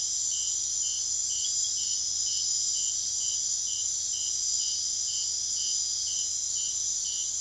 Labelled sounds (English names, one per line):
none